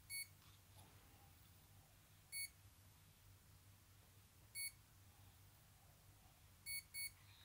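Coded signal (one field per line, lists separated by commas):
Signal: beep code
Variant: brushless ESC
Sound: single short high beeps every two seconds, then two quick short beeps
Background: low hum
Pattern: 2 short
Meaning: Full throttle position registered; now lower the throttle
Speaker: wait for the two beeps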